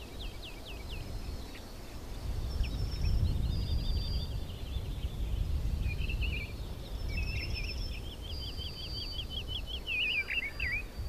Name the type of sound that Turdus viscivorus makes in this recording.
song